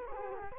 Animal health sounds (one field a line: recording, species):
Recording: mosquito wingbeat signal from an infrared sensor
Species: Culex quinquefasciatus